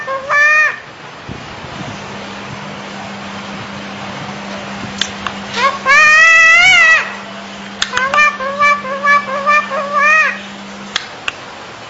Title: Jalak Bali